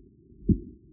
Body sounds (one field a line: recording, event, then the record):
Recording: neck accelerometer signal played as sound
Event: voluntary cough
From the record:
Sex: male